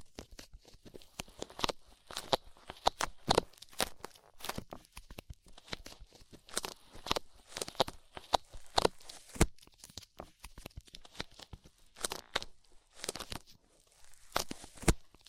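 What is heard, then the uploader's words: Ear cleaning with rhinestones and clay being picked away: crisp, sharp clicks and crackles arrive in irregular, dense clusters throughout. Brief quiet gaps separate the bursts, and the sounds stay bright with no voice. ASMR Tingly Ear Cleaning Rhinestone & Clay Removal (No Talking).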